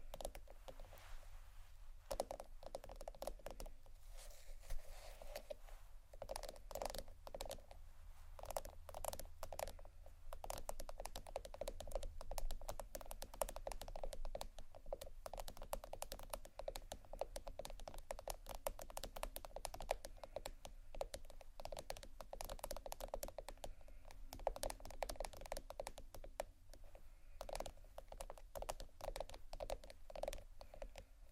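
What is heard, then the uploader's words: Dense, continuous tapping and scratching on bags, quick irregular clicks and rustles over a steady low hum, lasting throughout without pause. ASMR Tappingscratching Galore 4 Bags (No Talking).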